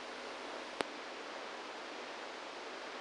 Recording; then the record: brain microelectrode recording played as sound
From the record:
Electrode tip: inside the subthalamic nucleus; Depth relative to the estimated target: 0 mm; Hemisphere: right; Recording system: NeuroSet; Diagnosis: Parkinson's disease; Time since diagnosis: 27 years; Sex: male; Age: 62 years